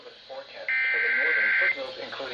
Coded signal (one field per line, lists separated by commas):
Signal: Emergency Alert System (SAME) tones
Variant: header bursts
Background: speech